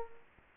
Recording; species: mosquito wingbeat signal from an infrared sensor; Culex pipiens